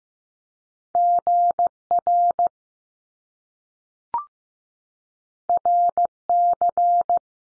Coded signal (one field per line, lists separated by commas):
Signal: Morse code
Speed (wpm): 15 wpm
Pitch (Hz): 700 Hz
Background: none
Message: G R R C